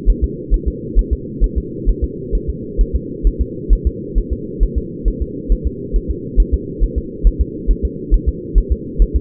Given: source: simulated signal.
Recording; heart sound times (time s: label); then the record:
fetal heart sounds
0.10 s: S1
0.24 s: S2
0.54 s: S1
0.68 s: S2
0.99 s: S1
1.13 s: S2
1.44 s: S1
1.58 s: S2
1.89 s: S1
2.04 s: S2
2.35 s: S1
2.50 s: S2
2.81 s: S1
2.95 s: S2
3.27 s: S1
3.41 s: S2
3.73 s: S1
3.87 s: S2
4.18 s: S1
4.33 s: S2
4.63 s: S1
4.78 s: S2
5.08 s: S1
5.22 s: S2
5.52 s: S1
5.67 s: S2
5.96 s: S1
6.11 s: S2
6.40 s: S1
6.54 s: S2
6.84 s: S1
6.98 s: S2
7.27 s: S1
7.41 s: S2
7.71 s: S1
7.85 s: S2
8.14 s: S1
8.29 s: S2
8.58 s: S1
8.72 s: S2
9.02 s: S1
9.16 s: S2
From the record:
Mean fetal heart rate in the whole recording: 135 bpm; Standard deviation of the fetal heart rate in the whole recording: 3 bpm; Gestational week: 36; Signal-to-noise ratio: -4.1 dB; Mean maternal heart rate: no maternal heart sound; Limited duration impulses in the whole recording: absent